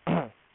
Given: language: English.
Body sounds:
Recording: throat vibration sensor signal played as sound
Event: throat clearing

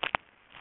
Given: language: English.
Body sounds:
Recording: throat vibration sensor signal played as sound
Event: swallow

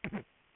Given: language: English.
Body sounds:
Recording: throat vibration sensor signal played as sound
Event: throat clearing

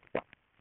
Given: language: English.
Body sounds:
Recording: throat vibration sensor signal played as sound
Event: swallow

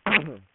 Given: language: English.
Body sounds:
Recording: throat vibration sensor signal played as sound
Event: throat clearing

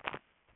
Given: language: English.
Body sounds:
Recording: throat vibration sensor signal played as sound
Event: swallow

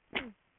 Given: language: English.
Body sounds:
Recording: throat vibration sensor signal played as sound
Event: cough

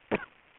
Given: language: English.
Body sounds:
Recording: throat vibration sensor signal played as sound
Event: cough

